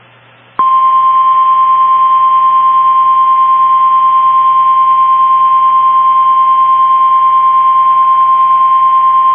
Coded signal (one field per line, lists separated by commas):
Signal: Emergency Alert System (SAME) tones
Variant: 1050 Hz attention tone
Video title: EAS Tornado Drill South Dakota NOAA Weather Radio/KBRK (Tornado Watch #9999/Tornado Warning)